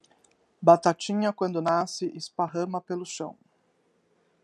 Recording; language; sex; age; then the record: short text; Brazilian Portuguese; female; 40 to 49 years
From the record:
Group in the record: control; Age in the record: 46 years